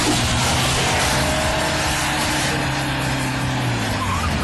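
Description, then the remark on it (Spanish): A newly acquired car's engine rumbles steadily as the vehicle drives up in a Peruvian radio advertisement for Agrovet Flores, its low droning tone shifting slightly in pitch over a constant wash of road noise, with no voices. “¿Y ese carro, Michita?”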